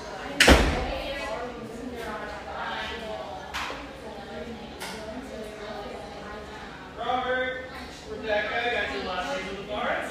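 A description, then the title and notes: A humming café by the beach, with steady overlapping voices murmuring throughout. A sharp bang like a door or slam lands at about half a second, and a few lighter knocks follow later. Clearer bursts of speech rise around seven and nine seconds. Enjoy a sleepy start in this humming café, settled near the beach just north of San Diego.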